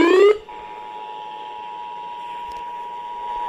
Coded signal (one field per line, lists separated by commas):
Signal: Emergency Alert System (SAME) tones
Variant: 853 and 960 Hz attention tone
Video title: This is a Marginal, and this happens... (EAS Alerts from 8/1/22)